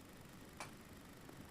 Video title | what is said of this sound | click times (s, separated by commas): WJCU Sports Kit Operation | in the wall now this is an example of a phone jack and snaps in just like so yes | 0.6 s